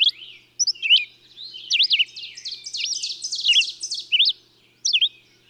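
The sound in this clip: Bird song: a few sharp high chirps, then a dense buzzy, chattering stretch in the middle, ending with more clear swooping notes.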